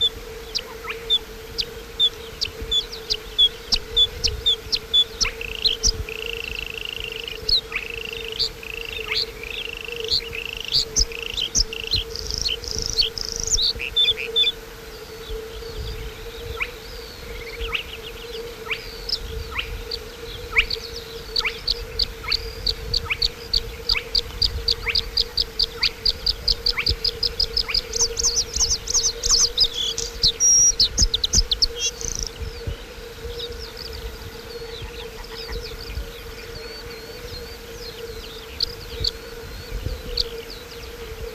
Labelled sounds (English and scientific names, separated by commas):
Bluethroat (Luscinia svecica) song